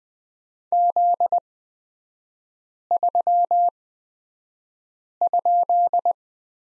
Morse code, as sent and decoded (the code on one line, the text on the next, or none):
--.. ...-- ..--..
Z3?